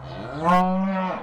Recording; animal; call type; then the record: contact call of a hoofed animal; cattle; low-frequency (closed-mouth) or high-frequency (open-mouth) call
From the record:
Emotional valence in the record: negative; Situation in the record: full separation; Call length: 1.23 s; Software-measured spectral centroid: 1520 Hz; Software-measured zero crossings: 1270 a second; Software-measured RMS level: -23 dBFS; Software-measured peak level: -11 dBFS